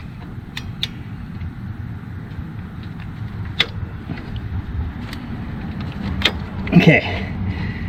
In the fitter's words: Okay, it clicked.